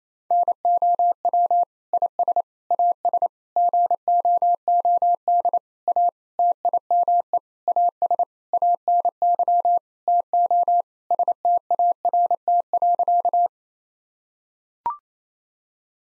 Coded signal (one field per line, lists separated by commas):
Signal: Morse code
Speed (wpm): 27 wpm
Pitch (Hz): 700 Hz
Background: none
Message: NOW IS AS GOOD A TIME AS ANY TO START.